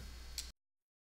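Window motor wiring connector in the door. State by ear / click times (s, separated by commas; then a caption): released / 0.4 s. A small locking tab is pressed on the plastic electrical connector for the window motor wiring inside the door of a 2000–2007 Ford Focus, and the lead is pulled off. A single sharp click is heard at 0.4 s over a low background hum, and the connector comes free easily.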